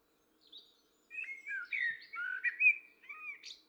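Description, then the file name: Common blackbird song phrase: a soft high note, then a run of fluty, wavering whistles that closes with a thin high squeak. "Turdus merula"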